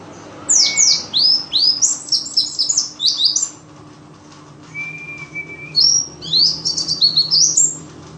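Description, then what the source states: White-eye chirping: bursts of sharp, high, down-slurred notes, a pause with a thin steady whistle, then more twittering. Wild ('ngalas') white-eye song used as filler material for training songbirds (masteran).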